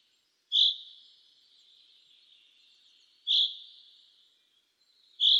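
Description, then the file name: Common chaffinch calling with three short, bright, high notes spaced about two to three seconds apart, each trailing off, with a soft high hiss beneath. "Fringilla coelebs"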